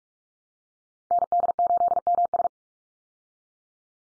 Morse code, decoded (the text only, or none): ND8MS